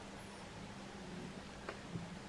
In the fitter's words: just pops into place oops